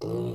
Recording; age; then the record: pig call; weaner (32 to 43 days)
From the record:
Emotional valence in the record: negative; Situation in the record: short isolation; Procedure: open field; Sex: female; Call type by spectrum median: low-frequency call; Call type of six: low-frequency stable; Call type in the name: low-frequency stable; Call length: 0.35 s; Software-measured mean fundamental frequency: 57 Hz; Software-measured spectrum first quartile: 163 Hz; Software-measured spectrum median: 324 Hz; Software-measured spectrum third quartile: 470 Hz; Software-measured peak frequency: 346 Hz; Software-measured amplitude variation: 83 dB a second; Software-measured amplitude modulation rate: 30.1 a second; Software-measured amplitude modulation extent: 2.8 dB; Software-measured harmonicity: 0.1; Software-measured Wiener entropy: -0.39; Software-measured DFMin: 1173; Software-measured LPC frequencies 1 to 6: 405, 990, 2877, 3902, 4574, 5147 Hz